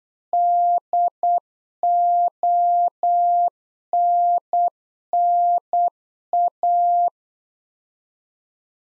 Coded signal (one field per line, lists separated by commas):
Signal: Morse code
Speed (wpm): 8 wpm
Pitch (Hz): 700 Hz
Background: none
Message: DONNA